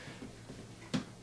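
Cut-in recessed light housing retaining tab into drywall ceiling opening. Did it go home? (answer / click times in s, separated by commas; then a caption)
yes / 0.9 s. A cut-in recessed can light housing is pushed up into a drywall ceiling opening until its spring retaining tab snaps into place against the sheetrock. Over a quiet low hum, a single sharp snap is heard at 0.9 seconds, and the fixture is seated.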